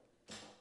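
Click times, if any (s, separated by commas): 0.3 s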